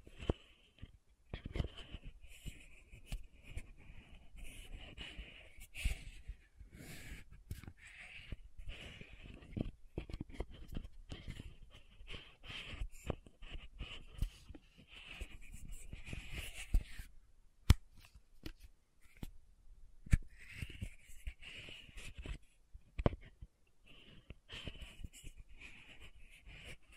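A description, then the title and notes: Lid sounds, bottle tapping and scratching come as a dense run of short clicks, taps and scrapes, irregular and nearly constant for most of the 27 seconds. Sharper isolated knocks stand out near 18 and 23 seconds, and a brief lull falls around 18–19 seconds. Lid Sounds & Bottle Tapping, Scratching.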